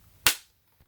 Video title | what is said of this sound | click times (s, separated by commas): In Depth Full Review AIRHOGS FPV RC VR Race Car +Video Clips & Photos!! 4 10 18 | And then you just push in, and then hear the click, | 0.3 s